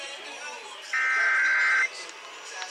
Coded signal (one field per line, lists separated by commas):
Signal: Emergency Alert System (SAME) tones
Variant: header bursts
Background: speech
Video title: Bonus FM Stations (EAS #3678 - 3682)